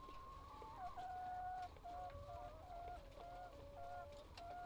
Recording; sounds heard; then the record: poultry house recording; healthy chickens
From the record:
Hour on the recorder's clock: 17